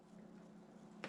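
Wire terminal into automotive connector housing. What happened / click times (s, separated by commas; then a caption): The wire terminal clicked into the connector housing / 1.0 s. A second wire terminal is pushed into an automotive connector housing. After a steady low hum, a short, sharp click at 1.0 s shows it has seated.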